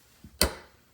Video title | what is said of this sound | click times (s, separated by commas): Tech time ep.3 What is inside the sr suntour m3030 coil fork? | Oh yeah, makes a nice clicking noise. | 0.4 s